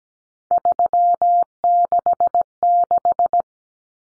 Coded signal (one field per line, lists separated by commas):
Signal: Morse code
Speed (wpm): 17 wpm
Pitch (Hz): 700 Hz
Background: none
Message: 366